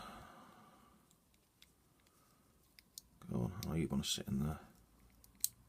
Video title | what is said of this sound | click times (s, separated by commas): Master Chief 5 | Just give it a push, you get kind of a nice little click if you get it where it wants to be. | 5.4 s